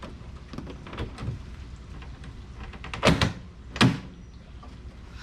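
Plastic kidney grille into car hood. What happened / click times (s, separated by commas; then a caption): The plastic trim piece snapped into its panel opening / 3.2 s. A blacked-out plastic kidney grille is pressed into its opening in the hood panel of a 2001 BMW M3 E46, with soft rustling and light plastic knocks building to a sharp snap at 3.2 s as its clips seat home. Another firm thunk follows at about 3.8 s before the handling quiets down.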